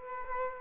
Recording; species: mosquito wingbeat signal from an infrared sensor; Culex quinquefasciatus